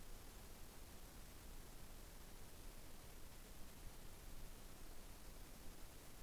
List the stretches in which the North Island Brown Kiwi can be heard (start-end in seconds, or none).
none